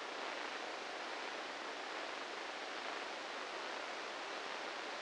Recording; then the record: brain microelectrode recording played as sound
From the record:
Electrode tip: inside the subthalamic nucleus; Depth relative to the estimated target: -5 mm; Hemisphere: left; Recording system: NeuroSet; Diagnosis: Parkinson's disease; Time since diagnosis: 8 years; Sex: male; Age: 58 years